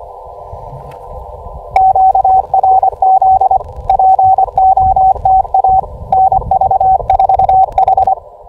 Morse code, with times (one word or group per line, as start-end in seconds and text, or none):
1.8-3.6 QRZ
3.9-5.8 POTA
6.1-8.1 NV4H